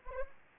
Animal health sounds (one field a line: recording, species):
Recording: mosquito wingbeat signal from an infrared sensor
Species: Anopheles arabiensis